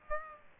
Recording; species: mosquito wingbeat signal from an infrared sensor; Aedes aegypti